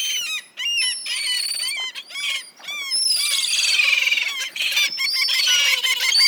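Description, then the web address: Gulls squalling in a noisy crowd, sharp downslurred yelps repeated rapidly at first, merging into a continuous clamour of many overlapping high cries. "best service Blue Box birds seagulls"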